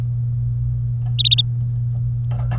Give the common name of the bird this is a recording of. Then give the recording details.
Domestic Canary. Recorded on 25 April 2018 at 11:58. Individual llb3